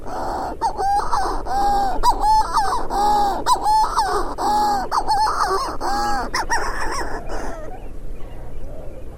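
Bird calling loudly, a fast run of nasal, harmonic clucking notes with a rising and falling lilt, about two per second, fading out after seven seconds.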